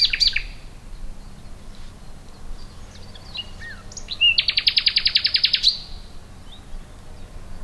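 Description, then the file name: Common nightingale song: opening sharp notes, quiet twittering and slurred whistles, then a loud fast rattling trill of repeated clicks lasting over a second. "Luscinia megarhynchos"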